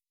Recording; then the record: hydrophone in a shrimp aquaculture tank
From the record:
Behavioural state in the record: weakened